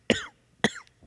He just recorded the sound of him coughing.